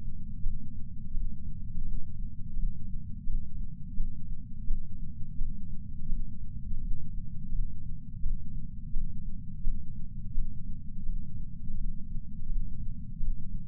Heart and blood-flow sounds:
heart sounds by patch sensor on the chest; 85 bpm
0.41 s: heartbeat
1.11 s: heartbeat
1.82 s: heartbeat
2.54 s: heartbeat
3.24 s: heartbeat
3.95 s: heartbeat
4.65 s: heartbeat
5.36 s: heartbeat
6.07 s: heartbeat
6.78 s: heartbeat
7.49 s: heartbeat
8.20 s: heartbeat
8.91 s: heartbeat
9.62 s: heartbeat
10.32 s: heartbeat
11.03 s: heartbeat
11.75 s: heartbeat
12.46 s: heartbeat
13.17 s: heartbeat
From the record:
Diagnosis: coronary artery disease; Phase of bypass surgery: postoperative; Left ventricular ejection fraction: 68.7%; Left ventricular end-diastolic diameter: 42 mm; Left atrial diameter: 41 mm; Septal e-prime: 3.9 cm/s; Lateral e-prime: 4.9 cm/s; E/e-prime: 19.8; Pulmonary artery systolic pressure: 30 mmHg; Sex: female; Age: 73 years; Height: 160 cm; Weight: 70 kg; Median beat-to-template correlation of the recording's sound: 0.85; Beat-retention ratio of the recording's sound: 0.98

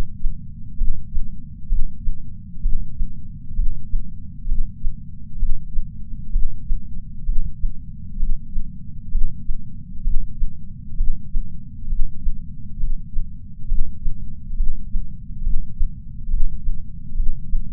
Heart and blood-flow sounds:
heart sounds by patch sensor on the chest; 66 bpm
0.79 s: heartbeat
1.70 s: heartbeat
2.64 s: heartbeat
3.57 s: heartbeat
4.49 s: heartbeat
5.40 s: heartbeat
6.33 s: heartbeat
7.27 s: heartbeat
8.20 s: heartbeat
9.13 s: heartbeat
10.05 s: heartbeat
10.98 s: heartbeat
11.90 s: heartbeat
12.81 s: heartbeat
13.70 s: heartbeat
14.58 s: heartbeat
15.45 s: heartbeat
16.32 s: heartbeat
17.18 s: heartbeat
From the record:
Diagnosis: coronary artery disease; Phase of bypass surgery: preoperative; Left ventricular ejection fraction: 62.1%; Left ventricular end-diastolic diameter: 45 mm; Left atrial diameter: 40 mm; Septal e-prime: 8 cm/s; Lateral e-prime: 10 cm/s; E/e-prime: 5.6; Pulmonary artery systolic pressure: 22 mmHg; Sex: male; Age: 60 years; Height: 170 cm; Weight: 67 kg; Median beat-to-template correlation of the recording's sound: 0.93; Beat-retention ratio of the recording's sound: 1.00

